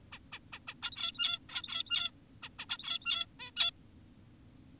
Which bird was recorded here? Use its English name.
Zebra Finch